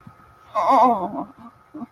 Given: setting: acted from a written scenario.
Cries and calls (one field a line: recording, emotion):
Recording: vocal sound without words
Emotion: pain